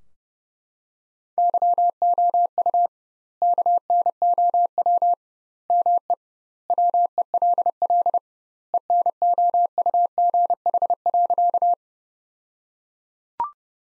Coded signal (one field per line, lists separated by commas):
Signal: Morse code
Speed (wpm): 30 wpm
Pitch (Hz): 700 Hz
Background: none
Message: YOU KNOW ME WELL ENOUGH.